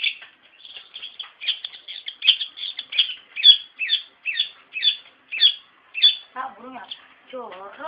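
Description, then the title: Bird song: a steady run of sharp, high chirps in quick bursts, ending with a few lower buzzy, warbled notes. "Kicau Burung"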